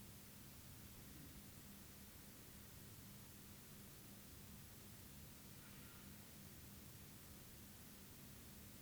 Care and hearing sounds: daily activity, guitar pickup as the sensor; stand

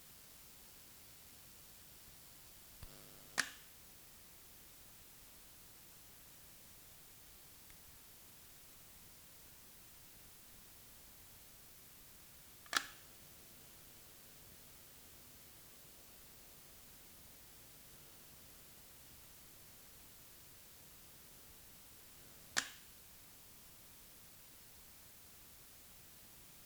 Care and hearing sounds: daily activity, guitar pickup as the sensor; operate light

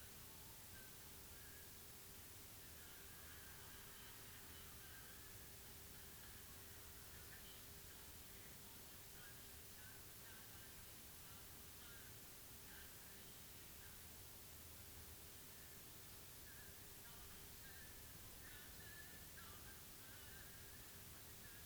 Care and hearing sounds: daily activity, guitar pickup as the sensor; browse video

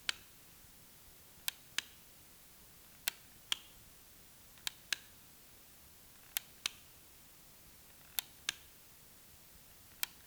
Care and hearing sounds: daily activity, guitar pickup as the sensor; operate light

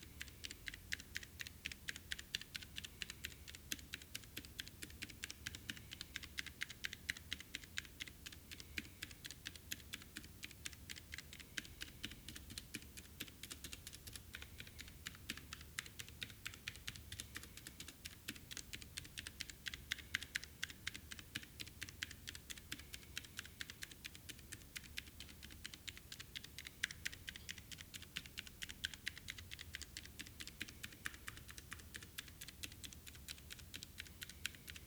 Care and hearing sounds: daily activity, guitar pickup as the sensor; type

